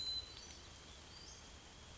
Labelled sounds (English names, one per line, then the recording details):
Western Flycatcher
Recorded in Sonoma County, California